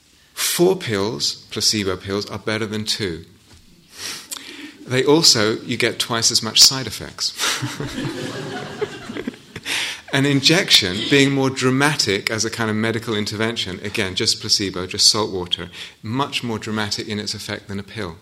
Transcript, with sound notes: Four placebo pills are better than two. [laughter] They also -- you get twice as much side effects. [laughter] An injection, being more dramatic as a kind of medical intervention -- again, just placebo, just saltwater -- much more dramatic in its effect than a pill.